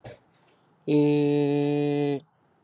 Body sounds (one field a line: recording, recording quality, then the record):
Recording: sustained vowel as in made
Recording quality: excellent, no background noise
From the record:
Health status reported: healthy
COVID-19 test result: negative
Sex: male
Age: 30 years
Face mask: not worn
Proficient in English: yes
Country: India